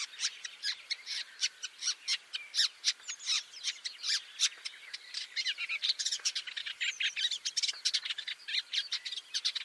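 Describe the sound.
Woodchat shrike song, a dense, scratchy chatter of quick, varied high notes and short squawks, delivered almost without pause.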